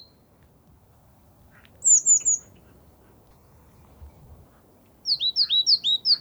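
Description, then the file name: Great tit calls: a quick run of three high, sharp, descending notes, then after a pause a faster series of several similar falling notes, over quiet background hiss. "Parus major"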